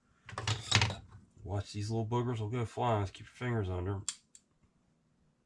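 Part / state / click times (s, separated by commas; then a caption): metal e-clip on fishing reel shaft / partly seated / 4.3 s. A small metal e-clip that holds the whole assembly together is pressed onto a shaft in a Daiwa Millionaire 4HM fishing reel during cleaning and repair, while someone talks. One sharp click is heard at 4.4 s, but the clip did not snap in all the way at first and is afterward believed to be fully in.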